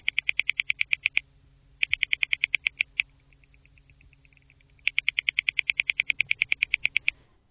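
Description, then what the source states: White-bellied frog clicking calls, fast trains of sharp clicks in three bursts separated by pauses, with fainter clicking between the second and third bursts. Male call; other frogs audible in background.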